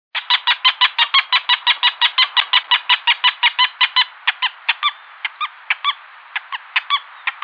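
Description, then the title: Wattled jacana giving a fast, even run of harsh squeaky chattering notes that slows and becomes broken into scattered notes toward the end. "LuckyPassaro Completos2Sama. Wattled Jacana"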